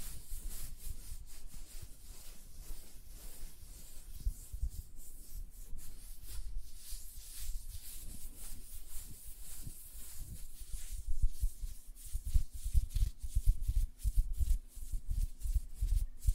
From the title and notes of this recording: ASMR Tapping on Nails, Finger Fluttering, Hand Sounds (No Talking).